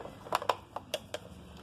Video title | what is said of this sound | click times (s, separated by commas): HasLab RATTLER Assembled Raw Video #gijoeclassified #cobra #gijoe #haslab #rattler #unboxing | When you're pushing it in, make sure you make sure it clicks and clicks. | 0.5 s, 0.9 s